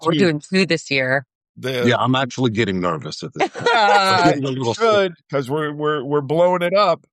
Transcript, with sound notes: Yeah, we’re doing two this year.
Yeah, I’m actually getting nervous at this point.
(laughing) Yeah, you should, because we’re blowing it up.